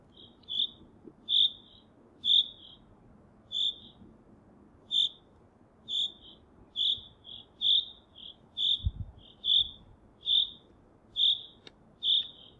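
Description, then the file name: Common chaffinch giving sharp, high single call notes at a steady pace of roughly one per second, occasionally doubled, with low rumbling noise beneath. "Fringilla coelebs"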